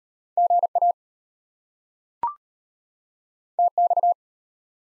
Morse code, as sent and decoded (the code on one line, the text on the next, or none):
--. .- / - -..-
GA TX